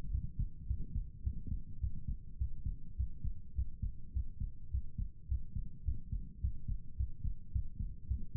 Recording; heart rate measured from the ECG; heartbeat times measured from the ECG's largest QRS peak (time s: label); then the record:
heart sounds by stethoscope; 106 bpm
0.10 s: heartbeat
0.66 s: heartbeat
1.22 s: heartbeat
1.79 s: heartbeat
2.37 s: heartbeat
2.95 s: heartbeat
3.54 s: heartbeat
4.12 s: heartbeat
4.70 s: heartbeat
5.27 s: heartbeat
5.84 s: heartbeat
6.40 s: heartbeat
6.96 s: heartbeat
7.51 s: heartbeat
8.06 s: heartbeat
From the record:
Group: healthy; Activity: Valsalva maneuver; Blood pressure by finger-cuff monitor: 98/72 mmHg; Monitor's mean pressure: 79 mmHg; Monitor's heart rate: 106 bpm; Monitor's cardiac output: 7.3 L/min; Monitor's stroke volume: 69 mL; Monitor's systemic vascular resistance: 780 dyn s/cm5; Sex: male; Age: 19 years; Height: 178 cm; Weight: 83 kg